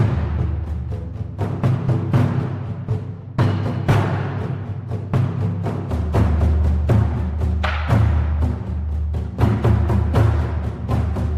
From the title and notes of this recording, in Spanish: Eucaliptal interior. Around my vilage a huge monoculture of eucalyptus.